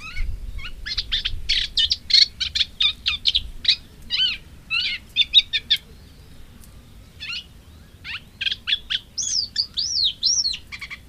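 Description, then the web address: Moustached warbler song: rapid chattering phrases of dry, scratchy notes, a brief pause, then a livelier burst ending in slurred rising and falling whistles. "agykontroll Madardalok Cd 3. Fülemülesitke"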